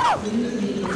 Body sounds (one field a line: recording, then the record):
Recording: coughing mixed with background sound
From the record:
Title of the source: Heavy cold and sore throat coughing.